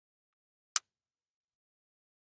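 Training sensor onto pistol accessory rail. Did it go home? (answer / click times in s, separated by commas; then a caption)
yes / 0.8 s. A Mantis shooting-training sensor is slid onto the accessory rail under a pistol until it locks into place. A single sharp, bright click at 0.8 s spans roughly 400 Hz to 16 kHz and is surrounded by near silence. The sensor is seated on the rail.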